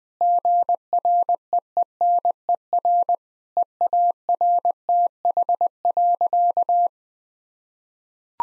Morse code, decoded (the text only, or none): GREENER EARTH.